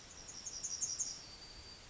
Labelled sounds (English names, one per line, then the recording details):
Yellowhammer song
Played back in forest
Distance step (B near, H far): E
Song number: 028